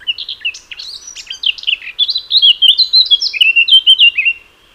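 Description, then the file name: Eurasian blackcap song with a rapid, scratchy warbling start leading into a strong series of clear, slightly descending whistles. "Sylvia atricapilla"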